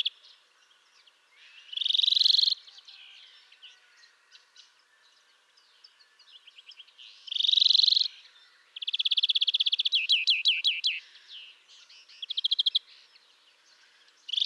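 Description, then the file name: European greenfinch song: two long, harsh, buzzy wheezes separated by soft twittering, followed by rapid rattling trills and a short buzzy phrase at the end. "Chloris chloris"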